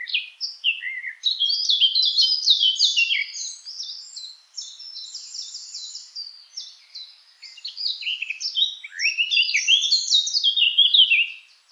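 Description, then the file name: Eurasian blackcap warbling song, a fast, varied stream of high chirps and twittering notes with brief pauses, running almost continuously. "Sylvia atricapilla"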